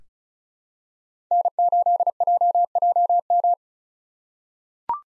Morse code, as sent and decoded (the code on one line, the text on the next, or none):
-. ---.. .--- .--- --
N8JJM